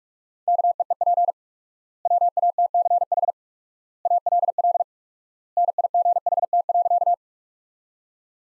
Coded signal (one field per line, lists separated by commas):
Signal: Morse code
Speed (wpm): 46 wpm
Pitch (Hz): 700 Hz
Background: none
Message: KEEP WATCH ALL NIGHT.